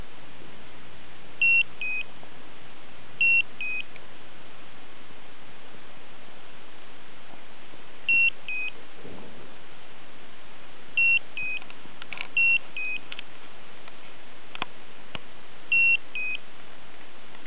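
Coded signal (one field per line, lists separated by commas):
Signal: beep code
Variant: Slendertone toning belt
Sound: six two-note beep-bep pairs, high then slightly lower, at irregular intervals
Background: quiet room, faint clicks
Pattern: 2 short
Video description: Slendertone Mens Abs is annoying: the beep-bep sound doesn't have any logic or sense. It keeps going. It's not warning, no alert.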